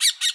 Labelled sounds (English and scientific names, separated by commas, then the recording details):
Brown-throated Parakeet (Eupsittula pertinax) contact call
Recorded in Bonaire
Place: just S of turnoff to Cai, near Lac Bay
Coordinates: 12.126, -68.239